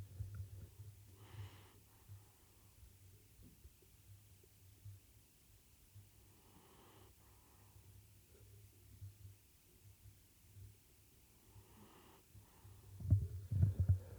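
Three soft, snorting nasal breaths come slowly and evenly, about every five to six seconds (roughly 11 breaths a minute), over a steady low hum. A small dog is snoring quietly in deep sleep, with rustling handling noise at the end.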